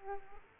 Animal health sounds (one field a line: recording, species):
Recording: mosquito wingbeat signal from an infrared sensor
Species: Aedes aegypti